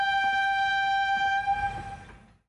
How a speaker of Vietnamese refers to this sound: Lúc này, chiếc tàu hỏa kia ù ù lao tới. Tài xế không phải người mù, đương nhiên đã sớm nhìn thấy có một chiếc trực thăng cực to đang chắn trên đường ray. Không bấm còi mới là lạ. Nhưng mà chỉ bấm còi thì có ích lợi gì?